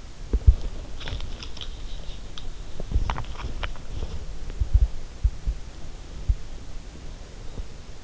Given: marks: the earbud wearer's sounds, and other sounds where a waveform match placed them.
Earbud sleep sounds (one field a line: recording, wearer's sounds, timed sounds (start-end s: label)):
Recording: sounds in sleep by an in-ear microphone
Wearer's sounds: teeth grinding, body movement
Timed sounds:
0.00-0.94 s: teeth grinding
0.52-2.32 s: body movement
2.69-4.19 s: teeth grinding
5.23-7.96 s: body movement